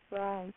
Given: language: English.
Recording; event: throat vibration sensor signal played as sound; speech